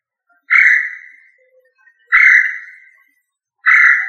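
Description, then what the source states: Quail calling with steady whistled notes that tail off gently, three of them at roughly 1.6-second intervals, against a quiet background. Placed in the family Tinamidae; Indonesian local name puyuh.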